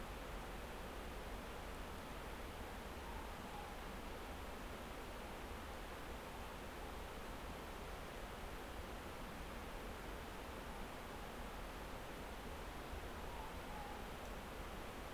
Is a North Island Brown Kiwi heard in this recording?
no